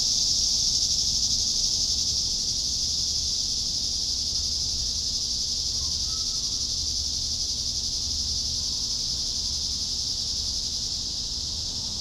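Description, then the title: Cicada chorus, a continuous shrill buzzing wash that barely changes, easing slightly softer toward the end over a quiet low background hum. Several cicadas. "neoscenes: cicadas"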